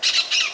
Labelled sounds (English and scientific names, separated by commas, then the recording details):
Brown-throated Parakeet (Eupsittula pertinax) contact call
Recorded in Venezuela
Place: Ocumare, La Boca, salina
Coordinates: 10.488, -67.763